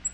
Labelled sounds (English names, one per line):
Black-throated Green Warbler flight call